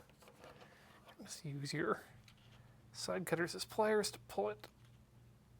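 A crimped wire terminal is handled at a small plastic connector housing, with side cutters used as pliers to pull it in. Someone talks over a few faint handling ticks near 0.1 and 0.3 seconds. Nothing has seated or clicked yet.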